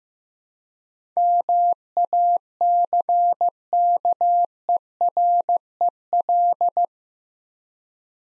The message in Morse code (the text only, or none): MACKEREL